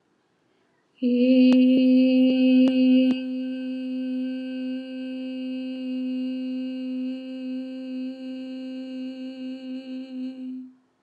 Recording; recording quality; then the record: sustained vowel as in made; excellent, no background noise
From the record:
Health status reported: COVID-19 positive, mild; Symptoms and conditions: cough, fever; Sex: female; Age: 50 years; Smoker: not ticked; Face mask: not worn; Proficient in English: yes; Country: India